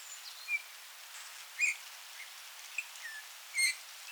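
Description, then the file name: Eurasian bullfinch calls: a few short, clear piping whistles, with fainter short notes between them. "Pyrrhula pyrrhula"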